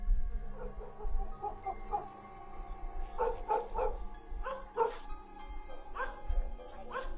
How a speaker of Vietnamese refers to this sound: Đúng lúc chó của nhà hàng xóm chẳng hiểu làm sao cắn lên rộn ràng.